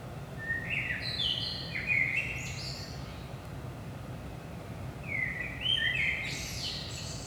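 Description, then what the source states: Blackbird singing two phrases: fluty notes climbing into bright squeaky twitters, a pause of a couple of seconds between them, low steady rumble behind. Recorded in Saint-Gilles, Belgium, early morning at 5 am; DPA 4060 microphones in AB position into a Zoom F3 recorder.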